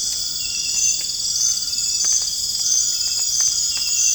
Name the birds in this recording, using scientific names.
none